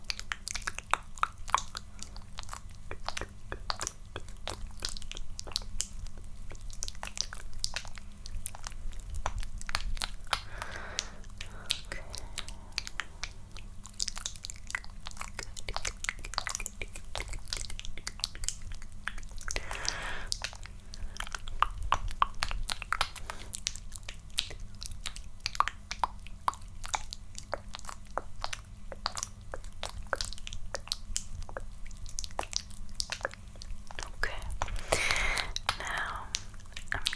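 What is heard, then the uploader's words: Layered mouth sounds and tapping: a dense, constant patter of small wet clicks and crisp taps runs the whole time, bright, with a few louder crackling bursts near 10, 20 and 35 seconds over a steady low hum. ASMR Tingles Overload Friend Does Your Skincare (Layeredmouth Soundstapping).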